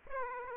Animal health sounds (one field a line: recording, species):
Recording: mosquito wingbeat signal from an infrared sensor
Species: Aedes aegypti